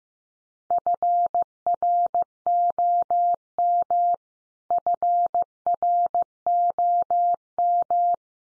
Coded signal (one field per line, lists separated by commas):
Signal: Morse code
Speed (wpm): 15 wpm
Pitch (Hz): 700 Hz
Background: none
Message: FROM FROM